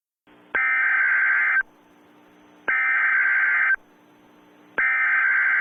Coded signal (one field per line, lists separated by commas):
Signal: Emergency Alert System (SAME) tones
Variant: header bursts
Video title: EAS Mock: Family Disputes Gone Bad